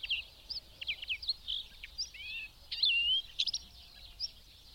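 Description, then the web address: Bird song, a busy run of high chirps, trills and sliding whistles, over low background noise. "madarak enek"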